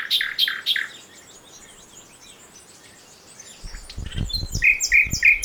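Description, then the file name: Common nightingale song: a quick phrase of high notes, a quiet gap, then a series of repeated whistled notes with low thuds underneath. "Luscinia megarhynchos"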